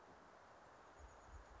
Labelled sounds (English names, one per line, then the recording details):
Chestnut-backed Chickadee
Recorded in Sonoma County, California